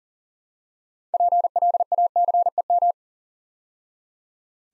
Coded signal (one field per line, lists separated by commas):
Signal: Morse code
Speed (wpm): 40 wpm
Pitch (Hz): 700 Hz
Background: none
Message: PLACEM